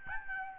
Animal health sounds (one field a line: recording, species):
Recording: mosquito wingbeat signal from an infrared sensor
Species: Aedes albopictus